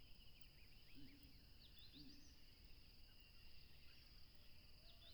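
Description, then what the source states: Crickets keep up a continuous, even, shrill trill on two pitches while a few soft bird notes and a couple of low short calls break through a rumbling background. Crickets by a tropical river, recorded with a plane passing.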